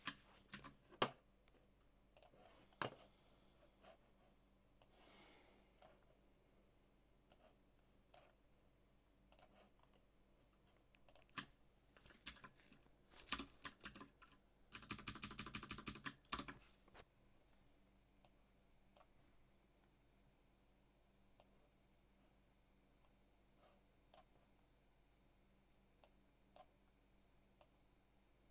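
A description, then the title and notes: Mechanical keyboard clicks arrive in sparse, irregular taps, with a dense rapid burst of typing around fifteen seconds, then scattered keystrokes fading out. Coding PHP on a HyperX Alloy FPS mechanical keyboard with Cherry MX Blue keys. Coding on a mechanical keyboard.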